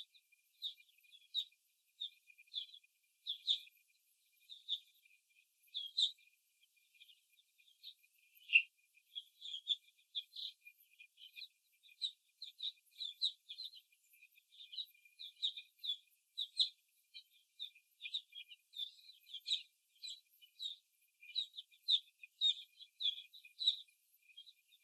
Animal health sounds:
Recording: young laying hens in a cage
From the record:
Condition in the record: before the stressor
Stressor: simulated dog barking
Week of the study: 1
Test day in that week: 2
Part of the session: 3

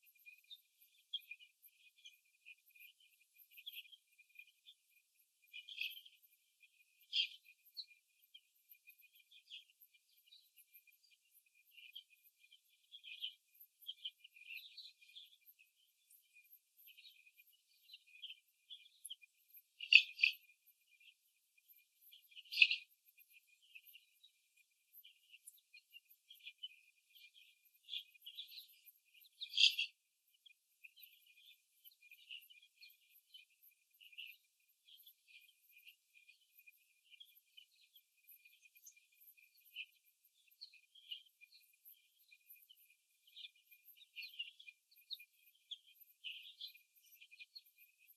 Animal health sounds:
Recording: young laying hens in a cage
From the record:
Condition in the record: after the stressor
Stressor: simulated dog barking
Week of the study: 2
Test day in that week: 3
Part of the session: 1

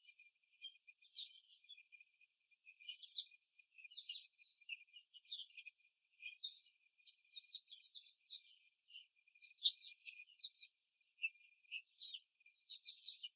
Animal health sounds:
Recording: young laying hens in a cage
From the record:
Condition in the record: before the stressor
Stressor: simulated dog barking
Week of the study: 3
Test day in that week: 1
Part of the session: 1

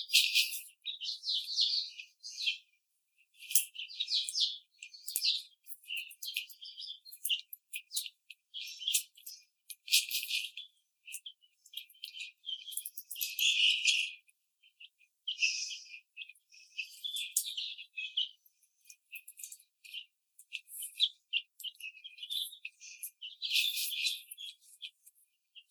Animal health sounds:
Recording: young laying hens in a cage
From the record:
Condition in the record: treatment cage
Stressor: simulated dog barking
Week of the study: 5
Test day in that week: 1

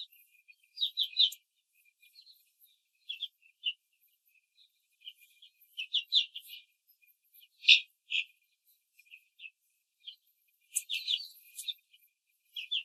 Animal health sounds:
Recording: young laying hens in a cage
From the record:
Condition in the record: control cage, before the stress test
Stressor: none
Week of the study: 4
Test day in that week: 1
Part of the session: 1

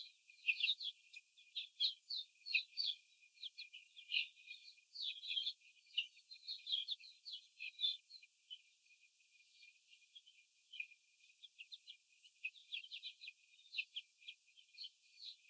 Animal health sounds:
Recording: young laying hens in a cage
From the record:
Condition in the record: after the stressor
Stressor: simulated dog barking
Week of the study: 4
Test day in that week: 3

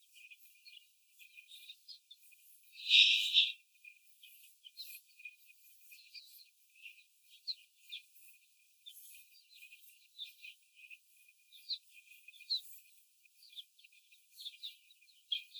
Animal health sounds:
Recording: young laying hens in a cage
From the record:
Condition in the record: before the stressor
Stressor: simulated dog barking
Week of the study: 4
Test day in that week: 1

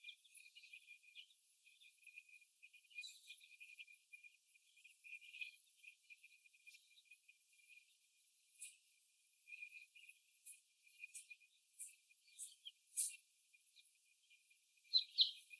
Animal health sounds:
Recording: young laying hens in a cage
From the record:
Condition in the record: after the stressor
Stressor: simulated dog barking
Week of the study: 1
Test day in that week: 1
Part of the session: 3

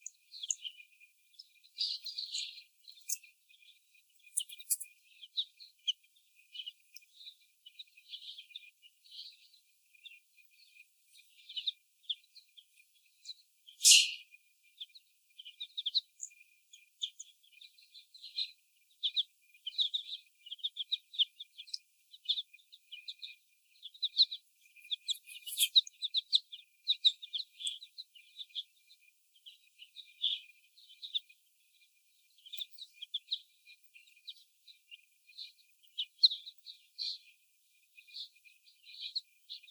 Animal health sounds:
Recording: young laying hens in a cage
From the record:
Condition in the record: before the stressor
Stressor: sudden umbrella opening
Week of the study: 1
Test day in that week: 1

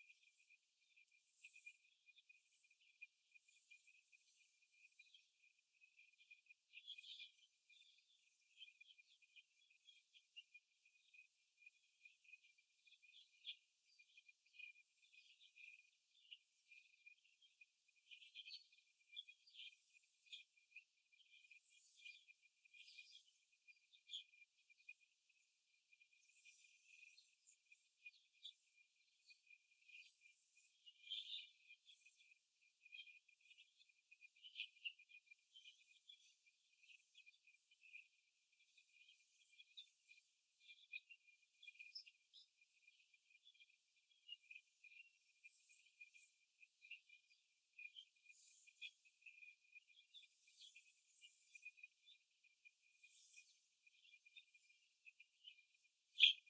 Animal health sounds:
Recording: young laying hens in a cage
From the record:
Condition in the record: after the stressor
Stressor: simulated dog barking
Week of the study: 2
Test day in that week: 2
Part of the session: 2

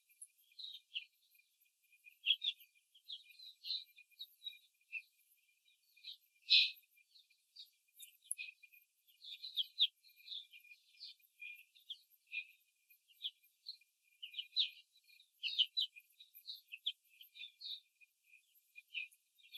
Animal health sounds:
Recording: young laying hens in a cage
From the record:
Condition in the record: control cage, before the stress test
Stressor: none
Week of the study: 4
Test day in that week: 3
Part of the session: 3

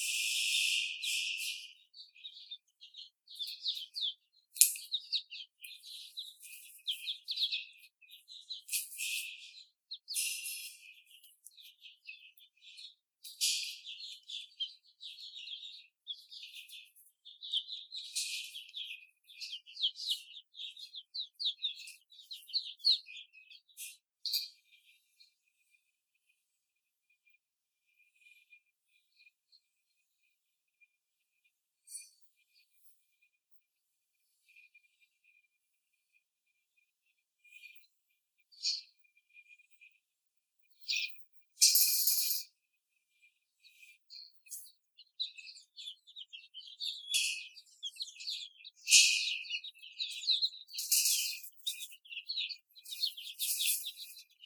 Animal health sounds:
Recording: young laying hens in a cage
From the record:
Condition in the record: before the stressor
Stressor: simulated dog barking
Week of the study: 4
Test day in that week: 2

